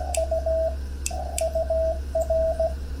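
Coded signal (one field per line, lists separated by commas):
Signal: Morse code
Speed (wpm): 16 wpm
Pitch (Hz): 650 Hz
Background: radio noise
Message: U UR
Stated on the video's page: CW contact hunting a POTA activation from a hotel room with a TX-500, Gabil antenna, banana plug radials, compromised equipment and limited power.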